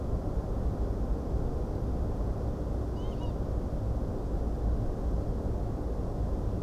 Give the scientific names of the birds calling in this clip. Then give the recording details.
Vanellus vanellus. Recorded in France